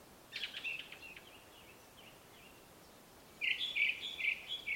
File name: Turdus Torquatus Song Slovakia Olympus LS 11